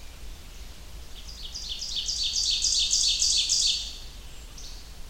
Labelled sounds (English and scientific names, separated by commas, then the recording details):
Ovenbird (Seiurus aurocapilla) song
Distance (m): 20 m
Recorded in boreal forest in Alberta, Canada, on 30 June 2016 at 07:18
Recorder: SongMeter 3, array SBT-6-79
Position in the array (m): 42 m, 105 m
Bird 40